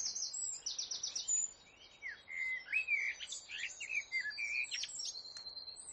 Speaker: So we've got a blackbird going with that fluty, melodic, beautiful, deep sound.